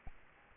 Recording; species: mosquito wingbeat signal from an infrared sensor; Aedes albopictus